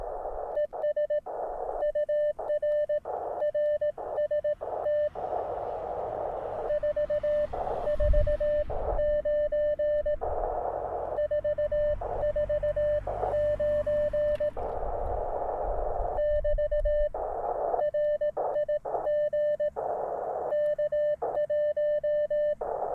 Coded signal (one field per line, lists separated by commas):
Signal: Morse code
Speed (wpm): 18 wpm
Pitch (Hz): 600 Hz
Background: radio noise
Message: ES UR RST 449 449 <BT> RIG K1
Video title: Building a Delta Loop Antenna For The 30m Band, Part 1.